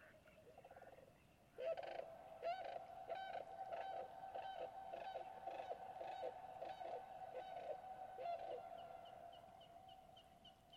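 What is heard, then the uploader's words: Over steady trickling water, a bird gives a run of repeated nasal honking calls from about two seconds on, with fainter calls around them. Dusk falls on my second night at Conboy Lake National Wildlife Refuge in Glenwood, WA. This time of year the sound of trickling water is omnipresent as the shallow valley fills with still water. Many different kinds of waterfowl, songbirds, and cranes.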